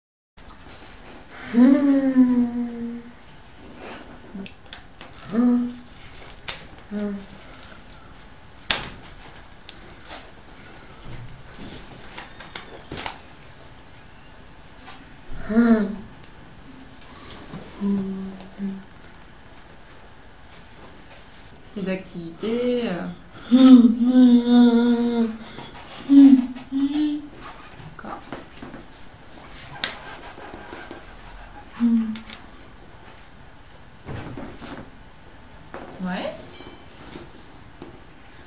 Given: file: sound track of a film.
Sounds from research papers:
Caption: Evaluation of the dysarthria of the patient without zolpidem. Maximum phonation time of a sustained [a] was very short. Reading and spontaneous speech were limited to some words.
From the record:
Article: Dystonic Dysarthria in Wilson Disease: Efficacy of Zolpidem

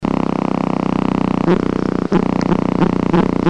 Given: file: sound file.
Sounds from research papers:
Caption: Sample of a train of a Pulse 5 song.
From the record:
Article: Phenotypic differentiation in love song traits among sibling species of the Lutzomyia longipalpis complex in Brazil

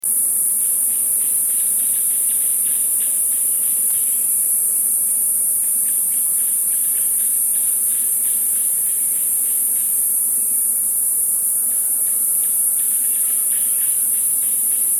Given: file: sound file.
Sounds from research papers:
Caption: Sample of a first dusk chorus in the degraded Ngumburuni forest. 7th April 2007, 28.9°C, 74% h.r. 170 Hz high-pass filtered to remove noise due to wind.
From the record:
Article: Rapid Acoustic Survey for Biodiversity Appraisal

